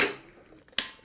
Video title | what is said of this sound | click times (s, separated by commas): yeedi vac 2 pro & self-emptying station - Comprehensive Review & Test #yeedi #yeedivac2pro | the back snap in place as you heard | 0.8 s